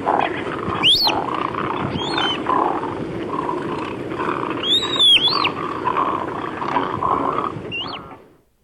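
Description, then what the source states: Caspian tern giving harsh, rasping calls, with several sharp rising squeals breaking in near the start, middle and end. Used for marsh bird survey training.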